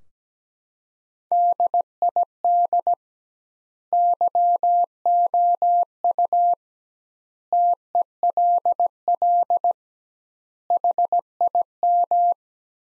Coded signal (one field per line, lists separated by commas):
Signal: Morse code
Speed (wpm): 17 wpm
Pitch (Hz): 700 Hz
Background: none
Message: DID YOU TELL HIM